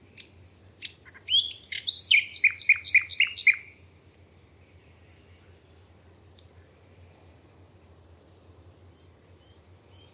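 Bird song: a quick scratchy opening, then a run of about six sharp, evenly spaced downward-sweeping notes, followed by thin high whistles near the end.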